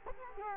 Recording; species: mosquito wingbeat signal from an infrared sensor; Culex quinquefasciatus